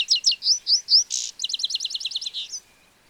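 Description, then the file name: European goldfinch calls: several high twittering notes, a short buzzy burst, then a rapid run of liquid chirps, ending abruptly. "Carduelis carduelis"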